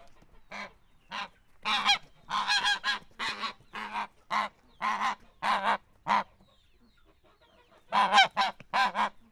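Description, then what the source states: Domestic goose honking in loud, nasal bursts, several in quick series, a pause of about two seconds, then another volley of honks. Domestic goose in a farmyard.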